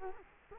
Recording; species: mosquito wingbeat signal from an infrared sensor; Culex quinquefasciatus